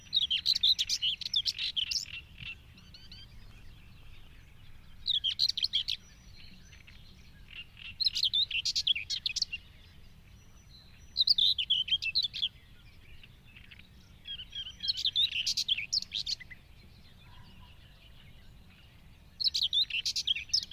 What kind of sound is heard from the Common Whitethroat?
song